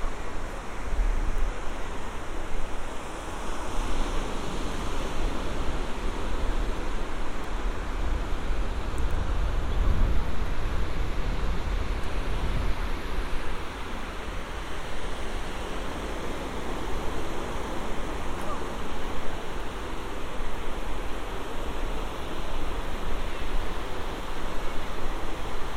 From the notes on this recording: a binaural field recording — a walk on the beach; under the pier; a few hundred yards and back again; up to the pier; watching the bumper cars, the roller coasters